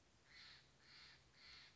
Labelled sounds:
Steller's Jay (Cyanocitta stelleri)

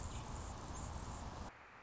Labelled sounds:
Anna's Hummingbird (Calypte anna)

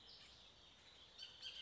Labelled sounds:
Bullock's Oriole (Icterus bullockii)

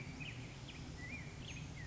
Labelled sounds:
Black-headed Grosbeak (Pheucticus melanocephalus)

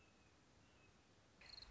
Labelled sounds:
Red-shouldered Hawk (Buteo lineatus)

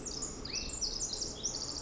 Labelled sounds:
Pacific Wren (Troglodytes pacificus)

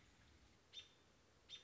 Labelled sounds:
American Robin (Turdus migratorius)

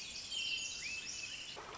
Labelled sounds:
Pacific Wren (Troglodytes pacificus)

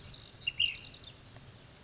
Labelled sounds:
Ash-throated Flycatcher (Myiarchus cinerascens)

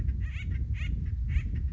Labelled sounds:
Acorn Woodpecker (Melanerpes formicivorus)

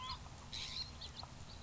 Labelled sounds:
House Finch (Haemorhous mexicanus)

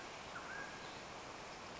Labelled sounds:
Mountain Quail (Oreortyx pictus)

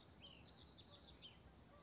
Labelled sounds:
House Wren (Troglodytes aedon)

